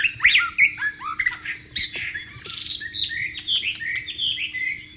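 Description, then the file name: White-rumped shama song: rich, varied whistled phrases with rising and falling slurs and sharp notes, delivered in a dense flowing stream, over a steady low hum. Wild bird, in the wild. "suara burung murai batu di alam liar"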